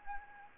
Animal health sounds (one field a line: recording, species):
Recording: mosquito wingbeat signal from an infrared sensor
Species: Anopheles gambiae